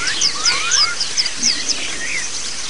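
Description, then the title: White-eye chirps: thin, high descending notes repeated rapidly, with a few lower sliding whistles underneath and a steady hiss in the background. Many white-eyes singing together (ombyokan) as a therapy sound used for training birds (masteran). "Suara Terapi Pleci Ombyokan"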